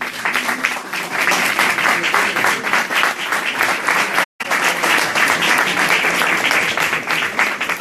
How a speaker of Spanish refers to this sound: Lo recibimos con un fuerte aplauso.